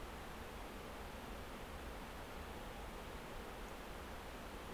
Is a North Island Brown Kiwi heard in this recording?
no